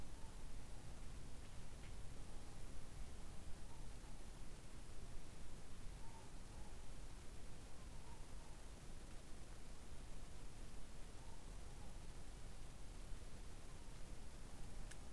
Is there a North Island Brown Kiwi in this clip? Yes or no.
no